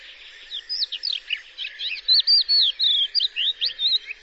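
Bird twittering: rapid high chirps and slurred notes, each brief, packed closely together in a lively stream.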